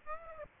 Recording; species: mosquito wingbeat signal from an infrared sensor; Aedes aegypti